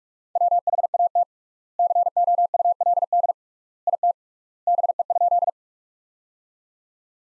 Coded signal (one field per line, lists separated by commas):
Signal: Morse code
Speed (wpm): 42 wpm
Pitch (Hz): 700 Hz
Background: none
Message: WHAT COULD IT BE?